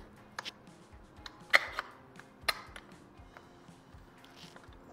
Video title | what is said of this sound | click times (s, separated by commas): REVIEW - GM TATICO - AIRSOFT E&L AK74MN BLACK FULL STEEL | aí não encaixou aqui | none